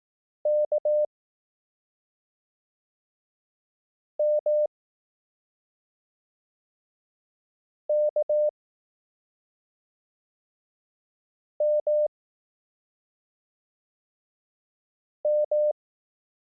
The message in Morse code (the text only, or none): K M K M M